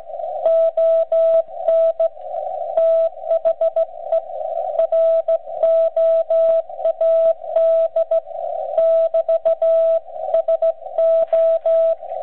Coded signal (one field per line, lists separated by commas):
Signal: Morse code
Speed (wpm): 16 wpm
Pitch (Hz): 660 Hz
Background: radio noise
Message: ON THE ROAD <BT> SO